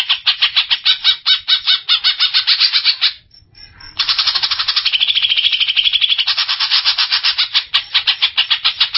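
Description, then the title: Greater Green Leafbird delivering a fast, harsh pulsing series, a short break near the middle, then an even quicker run of rattling notes. "Cucak ijo"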